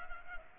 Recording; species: mosquito wingbeat signal from an infrared sensor; Culex pipiens